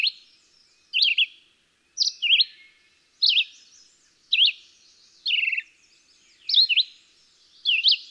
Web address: songs Red-eyed Vireo